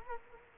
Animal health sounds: mosquito wingbeat signal from an infrared sensor; Culex quinquefasciatus

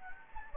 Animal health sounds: mosquito wingbeat signal from an infrared sensor; Anopheles gambiae

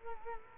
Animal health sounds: mosquito wingbeat signal from an infrared sensor; Culex quinquefasciatus

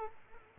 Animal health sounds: mosquito wingbeat signal from an infrared sensor; Culex quinquefasciatus

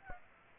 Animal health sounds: mosquito wingbeat signal from an infrared sensor; Aedes aegypti

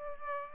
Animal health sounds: mosquito wingbeat signal from an infrared sensor; Aedes aegypti

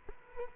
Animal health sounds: mosquito wingbeat signal from an infrared sensor; Culex quinquefasciatus

